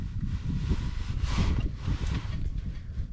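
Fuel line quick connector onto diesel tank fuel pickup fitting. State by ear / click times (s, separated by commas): not seated / none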